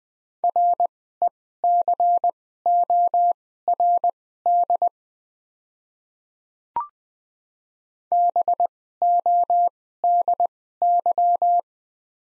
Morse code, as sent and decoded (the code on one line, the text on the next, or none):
.-. . -.-. --- .-. -.. / -... --- -.. -.--
RECORD BODY